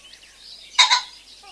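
Common pheasant uttering a single abrupt, grating two-note crow.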